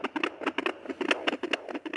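Rapid, regular whooshing pulses from a home Doppler: a fetal heartbeat.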